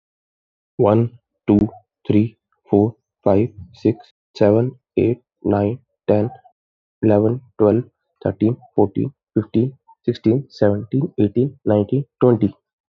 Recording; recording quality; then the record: counting at a normal pace; excellent, no background noise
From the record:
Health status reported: healthy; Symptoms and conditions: hypertension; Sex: male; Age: 27 years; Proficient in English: yes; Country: India